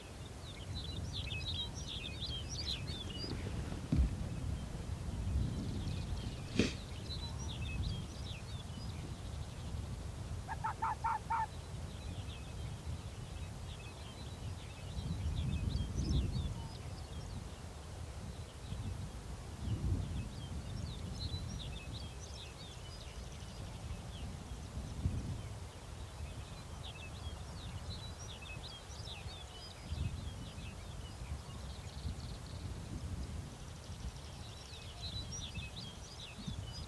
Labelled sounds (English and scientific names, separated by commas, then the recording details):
Arctic Fox (Vulpes lagopus)
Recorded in the wild
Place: Insel Mednyi, Kommandeur-Inseln, RU
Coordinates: 54.5167, 168.083
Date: 1999-07-08
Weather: klare Sicht, 5°C, fast windstill im Tal
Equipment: Sony WM-D6C, Sennheiser MKH 70, Windkorb, Kopie Tascam DA 30
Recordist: Frommolt, Karl-Heinz